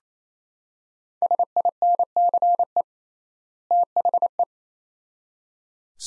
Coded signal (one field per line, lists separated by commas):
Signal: Morse code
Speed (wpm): 28 wpm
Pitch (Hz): 700 Hz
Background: none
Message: SINCE THE